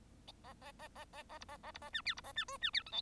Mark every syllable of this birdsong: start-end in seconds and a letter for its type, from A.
0.43-0.54 A, 0.61-0.72 A, 0.79-0.88 A, 0.95-1.05 A, 1.13-1.23 A, 1.29-1.38 A, 1.40-1.45 B, 1.48-1.57 A, 1.63-1.72 A, 1.74-1.79 B, 1.81-1.90 A, 1.93-2.02 C, 2.05-2.14 D, 2.17-2.21 B, 2.23-2.32 A, 2.35-2.45 C, 2.48-2.58 E, 2.61-2.71 C, 2.73-2.83 D, 2.86-2.92 F, 2.92-3.01 G